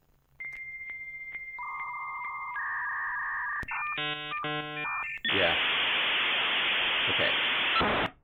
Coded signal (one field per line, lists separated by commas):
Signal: dial-up modem handshake